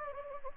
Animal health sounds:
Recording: mosquito wingbeat signal from an infrared sensor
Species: Anopheles gambiae

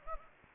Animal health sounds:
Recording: mosquito wingbeat signal from an infrared sensor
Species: Anopheles gambiae

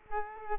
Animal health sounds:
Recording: mosquito wingbeat signal from an infrared sensor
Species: Culex quinquefasciatus

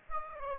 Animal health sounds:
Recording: mosquito wingbeat signal from an infrared sensor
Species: Aedes aegypti

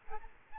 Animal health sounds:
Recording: mosquito wingbeat signal from an infrared sensor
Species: Aedes albopictus

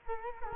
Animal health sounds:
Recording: mosquito wingbeat signal from an infrared sensor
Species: Culex quinquefasciatus

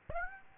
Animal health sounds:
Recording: mosquito wingbeat signal from an infrared sensor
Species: Aedes aegypti

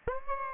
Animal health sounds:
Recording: mosquito wingbeat signal from an infrared sensor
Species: Aedes aegypti

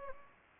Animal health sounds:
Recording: mosquito wingbeat signal from an infrared sensor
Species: Anopheles gambiae

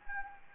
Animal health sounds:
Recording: mosquito wingbeat signal from an infrared sensor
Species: Anopheles gambiae

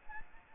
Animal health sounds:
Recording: mosquito wingbeat signal from an infrared sensor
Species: Anopheles arabiensis

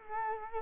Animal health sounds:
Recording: mosquito wingbeat signal from an infrared sensor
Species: Culex quinquefasciatus

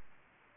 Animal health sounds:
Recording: mosquito wingbeat signal from an infrared sensor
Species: Aedes aegypti

